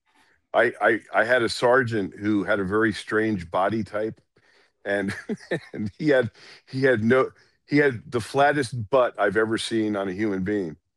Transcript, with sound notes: I had a sergeant who had a very strange body type and (laughs) and he had, he had no ... He had the flattest butt I've ever seen on a human being.